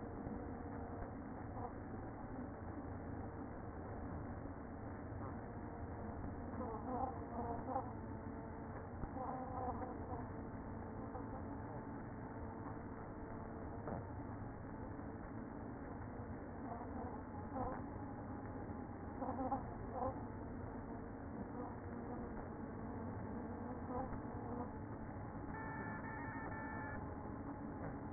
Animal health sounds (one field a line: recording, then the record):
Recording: honeybee colony, microphone inside the hive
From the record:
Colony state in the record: queen present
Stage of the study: after two queens were removed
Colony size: about 60,000 bees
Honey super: yes